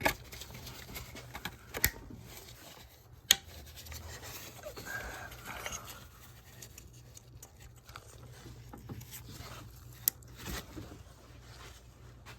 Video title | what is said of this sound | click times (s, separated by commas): How to change your Audi 3.2 valve cover gaskets in 30 minutes! | and now for some satisfying clicks | 1.8 s, 3.3 s, 10.1 s